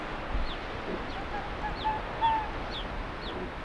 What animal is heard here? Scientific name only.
Vulpes lagopus